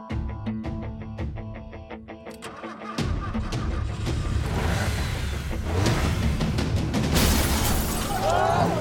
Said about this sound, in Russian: Женщина села в машину и въехала в забор.